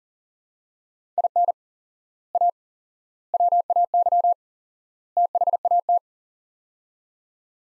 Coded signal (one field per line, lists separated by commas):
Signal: Morse code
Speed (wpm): 40 wpm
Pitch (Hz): 700 Hz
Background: none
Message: IN A WAY THAT